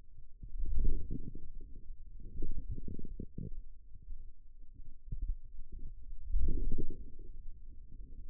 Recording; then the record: forearm muscle sounds (acoustic myography)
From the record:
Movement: wrist extension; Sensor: system 2, bracelet of six BSWA MPA416 microphones around the upper forearm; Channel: 6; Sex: male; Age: 22 years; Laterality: right